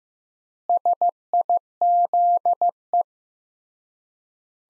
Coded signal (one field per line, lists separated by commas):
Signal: Morse code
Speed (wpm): 15 wpm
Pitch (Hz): 700 Hz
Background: none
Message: SIZE